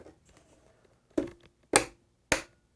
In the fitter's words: hear those clicks make sure everything is properly seated